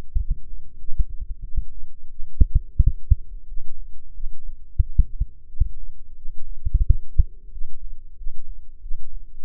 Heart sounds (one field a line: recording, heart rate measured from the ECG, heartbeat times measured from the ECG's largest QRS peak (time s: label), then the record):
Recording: heart sounds by microphone in the right ear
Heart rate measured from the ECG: 90 bpm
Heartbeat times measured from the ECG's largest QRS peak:
0.18 s: heartbeat
0.78 s: heartbeat
1.42 s: heartbeat
2.09 s: heartbeat
2.78 s: heartbeat
3.46 s: heartbeat
4.12 s: heartbeat
4.79 s: heartbeat
5.46 s: heartbeat
6.15 s: heartbeat
6.84 s: heartbeat
7.50 s: heartbeat
8.16 s: heartbeat
8.80 s: heartbeat
From the record:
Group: healthy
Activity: rest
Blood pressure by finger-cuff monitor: 108/74 mmHg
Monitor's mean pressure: 83 mmHg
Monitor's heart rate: 90 bpm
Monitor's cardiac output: 7.4 L/min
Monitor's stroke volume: 82 mL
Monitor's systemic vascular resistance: 820 dyn s/cm5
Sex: male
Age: 19 years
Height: 178 cm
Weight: 83 kg